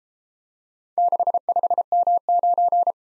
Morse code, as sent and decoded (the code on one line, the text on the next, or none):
-.... ..... -- ----.
65M9